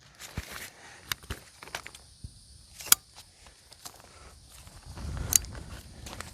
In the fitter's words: just like you did on the uh on the other part you're just going to pop those into place as well